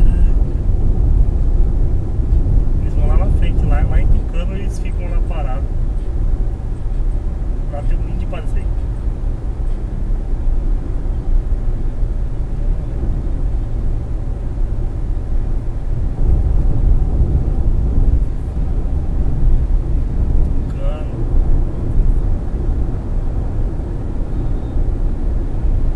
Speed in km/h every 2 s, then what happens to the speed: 97, 100, 101, 102, 103, 103, 104, 105, 105, 107, 108, 108, 108.
0-26 speeds up to 108.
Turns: none.